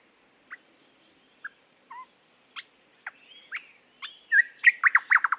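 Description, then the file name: Eastern nicator calls: sparse single notes building into a rapid, loud run of chattering, chuckling phrases at the end. "British Library - Eastern Nicator Nicator gularis"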